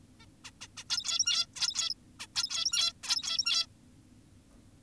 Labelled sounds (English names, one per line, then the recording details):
Zebra Finch
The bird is an adult
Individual g17y2U